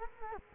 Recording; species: mosquito wingbeat signal from an infrared sensor; Culex quinquefasciatus